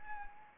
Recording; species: mosquito wingbeat signal from an infrared sensor; Anopheles arabiensis